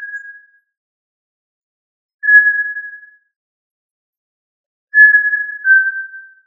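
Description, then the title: Tinamou whistles: pure, steady, level notes about a second long, the last followed by a slightly lower second note, with long silent gaps between. "Familia Tinamidae - Quail - Puyuh"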